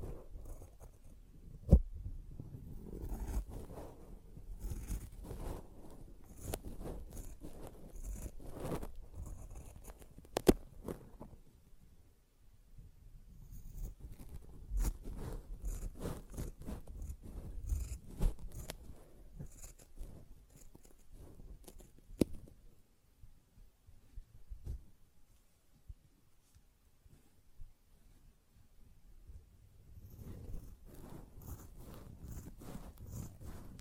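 A sponge is scratched, squished and brushed in bursts of dense, gritty rubbing, with short sharp clicks and quieter pauses around 12 and 25 seconds.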